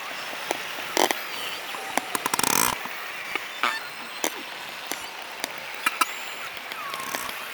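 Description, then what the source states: Narwhal clicks: scattered sharp clicks and a dense buzzing click train near two and a half seconds, over a hissy background. Rapid clicks and chatter.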